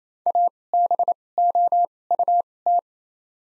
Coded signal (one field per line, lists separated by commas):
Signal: Morse code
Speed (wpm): 28 wpm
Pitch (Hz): 700 Hz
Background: none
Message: ABOUT